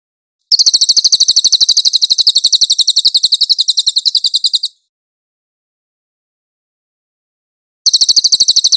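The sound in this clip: Cililin song: a high, rapid chattering trill of repeated chirps lasting about four seconds, then a long silence, then the trill starting again.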